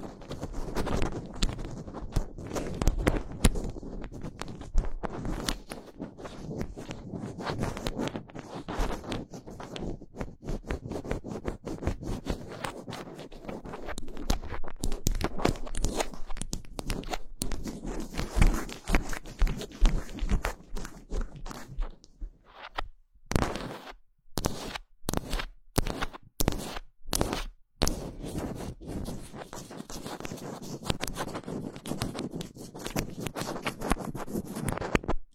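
Fingers scratch at a microphone in a dense, continuous rasping that fills most of the clip with rapid, uneven strokes. Around 23 to 28 seconds the scratching breaks into separate sharp scrapes with short gaps, then it returns to steady, busy rubbing until the end.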